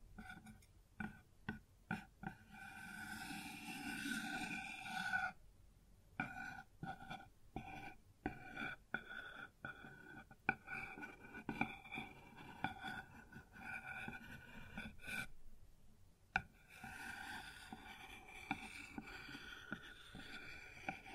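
Objects knock and tap on a wooden surface in irregular bursts, with sharp clicks scattered throughout. Ringing tones sit under the taps, stronger in the first five seconds and again after seventeen seconds, with a brief near-silent pause around fifteen seconds.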